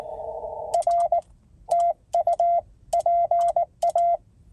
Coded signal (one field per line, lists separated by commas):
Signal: Morse code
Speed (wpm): 20 wpm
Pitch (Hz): 690 Hz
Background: radio noise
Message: R TU PA